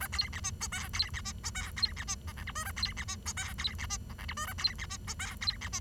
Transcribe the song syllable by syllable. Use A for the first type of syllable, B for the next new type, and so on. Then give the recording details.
A B C D E F B C D E F B C D G H I J A B C D E F B C D G H I J A B C D E F B C D. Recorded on 23 June 2012 at 09:52. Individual gr41rd51